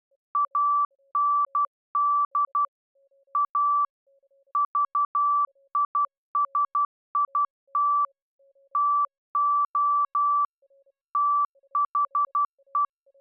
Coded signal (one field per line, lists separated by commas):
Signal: Morse code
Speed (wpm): 12 wpm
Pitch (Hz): 1160 Hz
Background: none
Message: AND A VISIT TO THE